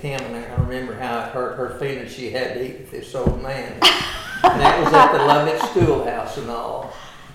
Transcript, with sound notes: And I remember how it hurt her feelings, she had to eat with this old man. (Laughter) That was at the Lovett Schoolhouse and all.